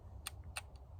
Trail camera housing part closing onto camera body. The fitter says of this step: wait for the click